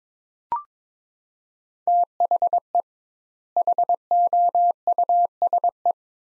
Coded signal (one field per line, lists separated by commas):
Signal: Morse code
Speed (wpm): 22 wpm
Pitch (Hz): 700 Hz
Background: none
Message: THE HOUSE